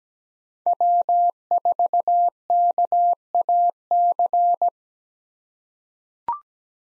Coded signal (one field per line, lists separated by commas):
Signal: Morse code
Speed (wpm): 17 wpm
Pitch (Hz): 700 Hz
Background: none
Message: W4KAC